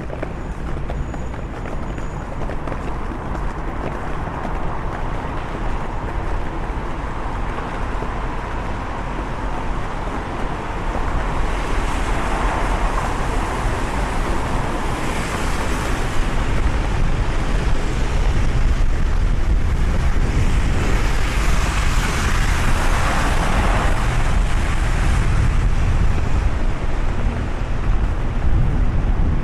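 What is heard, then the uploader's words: Rain hisses steadily over a London street walk, a dense, even wash with a low rumble of traffic underneath. Around the middle the sound swells brighter as vehicles pass, then settles back into the constant wet hiss. LONDON CITY WALK UNDER THE RAIN ASMR AMBIENT NOISES. The podcast features a walk in London, under the rain.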